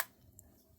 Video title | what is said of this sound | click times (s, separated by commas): New Insta360 GO Ultra Unboxing - Everything Inside! | like that, and it locks in place until you unlock it, hitting or | 0.4 s